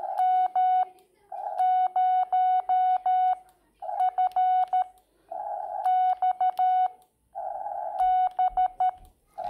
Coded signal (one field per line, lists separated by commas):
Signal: Morse code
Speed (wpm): 13 wpm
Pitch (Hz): 740 Hz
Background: speech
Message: M 0 F X B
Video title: XIEGU X6100-CW TRAINING-Learning